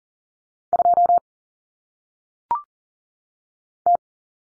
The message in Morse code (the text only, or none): 2 T